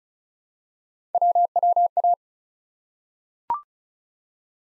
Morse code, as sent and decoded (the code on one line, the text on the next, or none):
.-- .-- .-
WWA